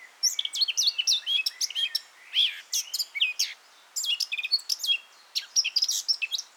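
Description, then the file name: Eurasian blackcap warbling with fast, varied high notes and squeaky whistles in dense chattering bursts separated by short pauses. "Sylvia atricapilla"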